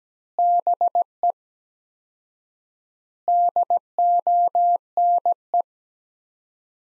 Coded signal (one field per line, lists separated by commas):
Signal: Morse code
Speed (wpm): 17 wpm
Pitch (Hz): 700 Hz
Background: none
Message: BE DONE